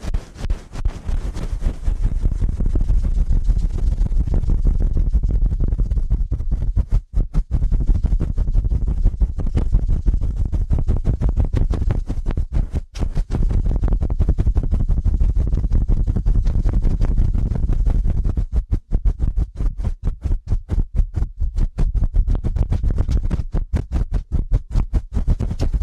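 Ear cleaning at a very fast pace: a dense, rapid stream of scratchy rubbing strokes, heavy in the low end with a soft rustle above. The flurry keeps a fairly steady loudness throughout, broken by brief dips near 7, 13 and 18 seconds.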